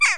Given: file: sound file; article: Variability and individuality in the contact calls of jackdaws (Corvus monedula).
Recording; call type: jackdaw call; harmonic